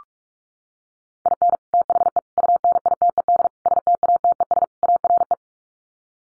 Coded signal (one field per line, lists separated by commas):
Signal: Morse code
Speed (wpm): 44 wpm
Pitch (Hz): 700 Hz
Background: none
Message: IN THE UNITED STATES ARE